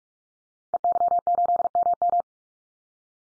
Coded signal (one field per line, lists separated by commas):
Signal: Morse code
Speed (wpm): 44 wpm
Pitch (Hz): 700 Hz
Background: none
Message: EY8MM